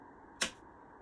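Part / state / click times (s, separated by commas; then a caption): bottom part of a doorbell camera housing / seated / 0.4 s. The bottom part of an Arlo video doorbell camera housing is pressed into place, since that is where all the pressure from the button applies. A single sharp, bright click rings out at 0.4 s against a quiet background hum, and the part clicks in and is seated.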